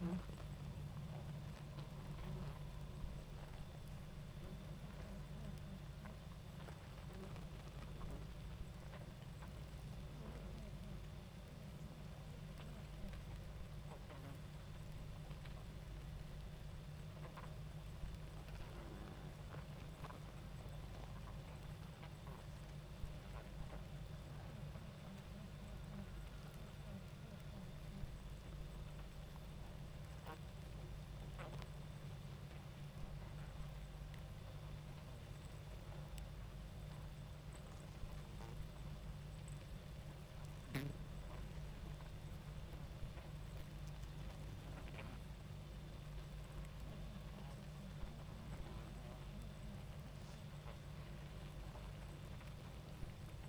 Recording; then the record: honeybee colony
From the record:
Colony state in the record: active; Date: 28 July 2017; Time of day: 21:54